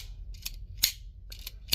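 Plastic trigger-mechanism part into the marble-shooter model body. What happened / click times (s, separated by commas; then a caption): The plastic part did not seat, though crisp clicks could be mistaken for seating / none. A plastic trigger-mechanism part is pressed into the body of a Super B-Daman marble-shooter model kit during assembly. Short sharp plastic ticks and scrapes are heard against a low background rumble. The part has not seated properly, so nothing has clicked into place yet.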